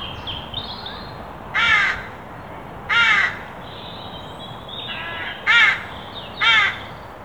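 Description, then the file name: Carrion crow cawing four times, harsh grating notes in an uneven series, with faint softer calls in the background. "Corvus corone"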